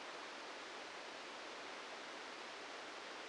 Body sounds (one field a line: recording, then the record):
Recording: brain microelectrode recording played as sound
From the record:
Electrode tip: inside the subthalamic nucleus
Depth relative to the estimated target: 2 mm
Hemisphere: left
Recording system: NeuroSet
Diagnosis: Parkinson's disease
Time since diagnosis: 14 years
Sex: male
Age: 51 years